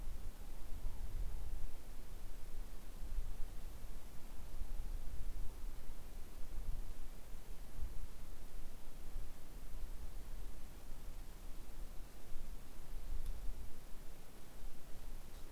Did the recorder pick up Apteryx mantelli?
no